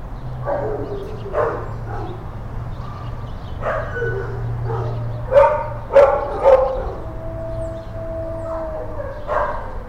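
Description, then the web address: Dog barking: scattered single barks and a quick cluster of three near the middle, with a steady low hum and faint whines underneath. Dogs in kennels; kennel ambience. "Foundation 1 AMBIENCE DOG KENNELS"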